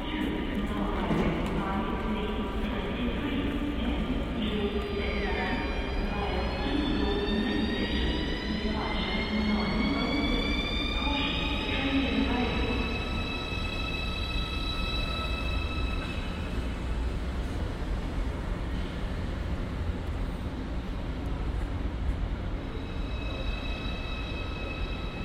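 Trains at Cologne Central Station give a steady low rumble, with rising and falling metallic whines and squeals through the first fifteen seconds.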